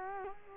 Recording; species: mosquito wingbeat signal from an infrared sensor; Culex quinquefasciatus